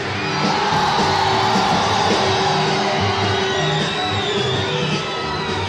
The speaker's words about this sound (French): Une fois, je veux vous entendre crier.